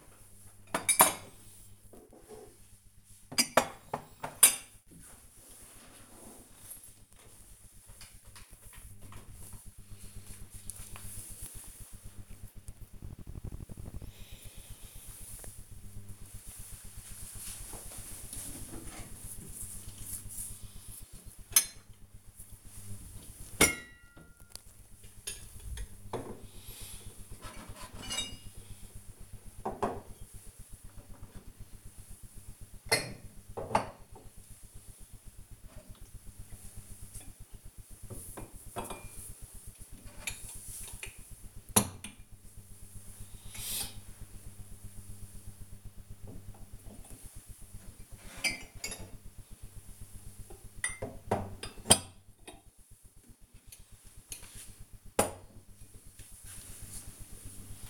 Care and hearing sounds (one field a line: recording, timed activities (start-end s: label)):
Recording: household activities, microphone on the right wrist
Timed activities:
0.00-8.93 s: putting away the dishes